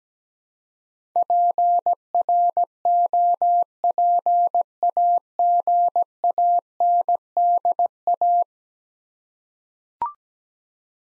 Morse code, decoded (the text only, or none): PROPAGANDA